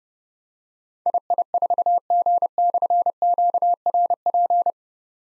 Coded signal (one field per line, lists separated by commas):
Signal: Morse code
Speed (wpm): 30 wpm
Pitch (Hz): 700 Hz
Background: none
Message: II4G/QRP